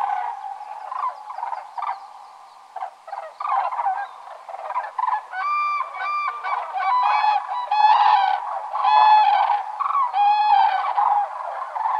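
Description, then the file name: Common crane calls, softer and scattered at first, then loud ringing bugles from several birds in the second half. Finland, spring migration; breeding pairs arriving among the first migrants. "kurki hannes tiira"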